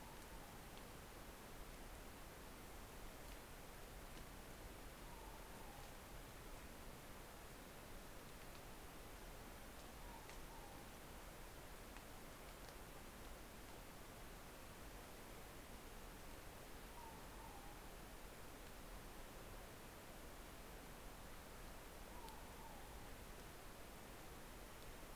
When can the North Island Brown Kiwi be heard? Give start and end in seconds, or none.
none